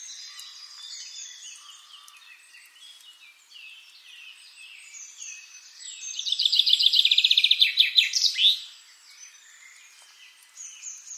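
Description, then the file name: Common chaffinch song starts after several seconds of faint mixed birdsong: a loud trill with a closing flourish, then background twittering resumes. "Fringilla coelebs"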